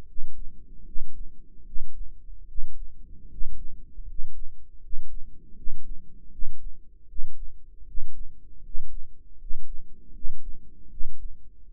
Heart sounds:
heart sounds by microphone in the right ear; 78 bpm
0.06 s: heartbeat
0.84 s: heartbeat
1.64 s: heartbeat
2.47 s: heartbeat
3.29 s: heartbeat
4.06 s: heartbeat
4.81 s: heartbeat
5.55 s: heartbeat
6.30 s: heartbeat
7.07 s: heartbeat
7.85 s: heartbeat
8.62 s: heartbeat
9.38 s: heartbeat
10.12 s: heartbeat
10.89 s: heartbeat
11.66 s: heartbeat
From the record:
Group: healthy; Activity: rest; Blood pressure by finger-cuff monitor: 111/70 mmHg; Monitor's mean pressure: 78 mmHg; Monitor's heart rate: 79 bpm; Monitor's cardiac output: 6.5 L/min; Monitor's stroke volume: 83 mL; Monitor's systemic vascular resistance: 880 dyn s/cm5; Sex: male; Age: 35 years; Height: 180 cm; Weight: 86.9 kg

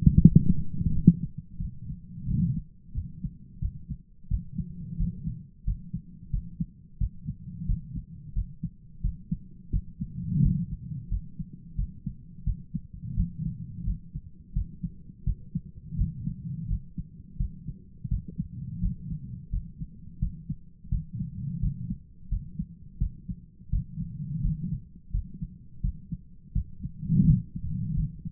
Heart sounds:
heart sounds by stethoscope; 87 bpm
0.25 s: heartbeat
0.91 s: heartbeat
1.58 s: heartbeat
2.25 s: heartbeat
2.93 s: heartbeat
3.60 s: heartbeat
4.28 s: heartbeat
4.96 s: heartbeat
5.64 s: heartbeat
6.30 s: heartbeat
6.98 s: heartbeat
7.65 s: heartbeat
8.33 s: heartbeat
9.01 s: heartbeat
9.70 s: heartbeat
10.40 s: heartbeat
11.08 s: heartbeat
11.75 s: heartbeat
12.44 s: heartbeat
13.14 s: heartbeat
13.84 s: heartbeat
14.53 s: heartbeat
15.24 s: heartbeat
15.95 s: heartbeat
16.67 s: heartbeat
17.37 s: heartbeat
18.08 s: heartbeat
18.80 s: heartbeat
19.50 s: heartbeat
20.19 s: heartbeat
20.89 s: heartbeat
21.59 s: heartbeat
22.28 s: heartbeat
22.98 s: heartbeat
23.69 s: heartbeat
24.40 s: heartbeat
25.11 s: heartbeat
25.80 s: heartbeat
26.52 s: heartbeat
27.24 s: heartbeat
27.94 s: heartbeat
From the record:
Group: healthy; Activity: light exercise 0-3 s, rest 3-28 s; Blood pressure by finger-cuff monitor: 150/77 mmHg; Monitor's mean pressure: 94 mmHg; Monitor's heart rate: 87 bpm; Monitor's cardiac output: 8.8 L/min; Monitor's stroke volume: 102 mL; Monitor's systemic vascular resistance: 780 dyn s/cm5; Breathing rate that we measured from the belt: 21 breaths a minute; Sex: male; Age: 57 years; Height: 188 cm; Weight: 106 kg

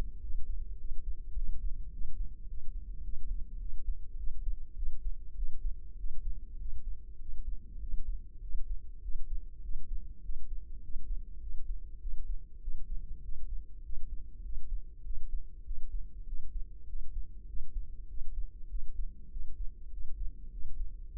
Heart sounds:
heart sounds by microphone in the left ear; 100 bpm
0.23 s: heartbeat
0.80 s: heartbeat
1.36 s: heartbeat
1.93 s: heartbeat
2.49 s: heartbeat
3.05 s: heartbeat
3.61 s: heartbeat
4.19 s: heartbeat
4.77 s: heartbeat
5.37 s: heartbeat
5.99 s: heartbeat
6.60 s: heartbeat
7.21 s: heartbeat
7.82 s: heartbeat
8.43 s: heartbeat
9.03 s: heartbeat
9.64 s: heartbeat
10.24 s: heartbeat
10.83 s: heartbeat
11.42 s: heartbeat
12.02 s: heartbeat
12.63 s: heartbeat
13.24 s: heartbeat
13.85 s: heartbeat
14.45 s: heartbeat
15.05 s: heartbeat
15.66 s: heartbeat
16.27 s: heartbeat
16.88 s: heartbeat
17.49 s: heartbeat
18.09 s: heartbeat
18.70 s: heartbeat
19.32 s: heartbeat
19.92 s: heartbeat
20.52 s: heartbeat
21.13 s: heartbeat
From the record:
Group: healthy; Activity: cold pressor test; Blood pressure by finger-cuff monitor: 145/95 mmHg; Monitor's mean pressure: 112 mmHg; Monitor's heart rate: 99 bpm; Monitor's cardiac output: 7.5 L/min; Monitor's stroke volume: 75 mL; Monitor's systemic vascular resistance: 1100 dyn s/cm5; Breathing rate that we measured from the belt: 18 breaths a minute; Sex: male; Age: 21 years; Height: 175 cm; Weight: 72.6 kg

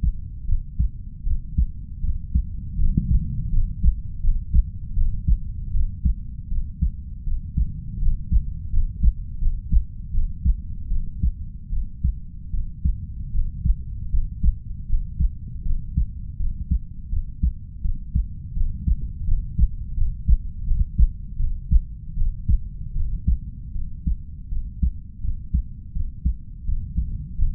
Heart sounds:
heart sounds by stethoscope; 80 bpm
0.45 s: heartbeat
1.23 s: heartbeat
2.00 s: heartbeat
2.76 s: heartbeat
3.50 s: heartbeat
4.20 s: heartbeat
4.94 s: heartbeat
5.71 s: heartbeat
6.48 s: heartbeat
7.24 s: heartbeat
7.98 s: heartbeat
8.70 s: heartbeat
9.38 s: heartbeat
10.11 s: heartbeat
10.88 s: heartbeat
11.69 s: heartbeat
12.50 s: heartbeat
13.31 s: heartbeat
14.10 s: heartbeat
14.86 s: heartbeat
15.62 s: heartbeat
16.37 s: heartbeat
17.09 s: heartbeat
17.81 s: heartbeat
18.53 s: heartbeat
19.24 s: heartbeat
19.94 s: heartbeat
20.64 s: heartbeat
21.36 s: heartbeat
22.14 s: heartbeat
22.92 s: heartbeat
23.72 s: heartbeat
24.49 s: heartbeat
25.21 s: heartbeat
25.92 s: heartbeat
26.65 s: heartbeat
27.35 s: heartbeat
From the record:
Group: healthy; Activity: cold pressor test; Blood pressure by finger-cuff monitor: 119/64 mmHg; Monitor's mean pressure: 81 mmHg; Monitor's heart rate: 79 bpm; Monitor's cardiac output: 6.3 L/min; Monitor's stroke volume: 81 mL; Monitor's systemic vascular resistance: 930 dyn s/cm5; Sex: female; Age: 32 years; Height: 168 cm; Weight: 61.9 kg

